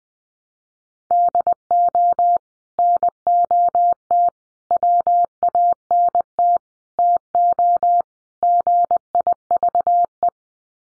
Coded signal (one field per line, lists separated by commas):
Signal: Morse code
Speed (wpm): 20 wpm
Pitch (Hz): 700 Hz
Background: none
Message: DO NOT WANT TO GIVE